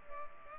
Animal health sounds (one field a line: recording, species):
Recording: mosquito wingbeat signal from an infrared sensor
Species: Culex pipiens